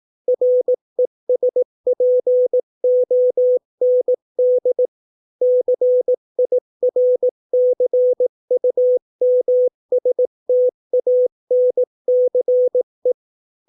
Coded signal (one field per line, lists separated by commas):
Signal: Morse code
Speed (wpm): 18 wpm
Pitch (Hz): 500 Hz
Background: none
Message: RESPOND CIRCUMSTANCE